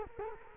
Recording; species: mosquito wingbeat signal from an infrared sensor; Culex quinquefasciatus